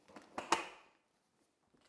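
An infant car seat is lowered onto the adapters on a My Babiie MB200 pushchair, with light knocks near 0.1 and 0.2 seconds. Two sharp clicks follow at 0.4 and 0.5 seconds, the second louder, and then it goes quiet. The seat locks in and is confirmed installed.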